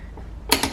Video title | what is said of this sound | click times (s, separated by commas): 2015-2020 Kia Optima Rear Rotor and Brake pad Replacement | And then I always just go around again, and it's just going to click immediately | 0.5 s